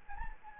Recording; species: mosquito wingbeat signal from an infrared sensor; Anopheles gambiae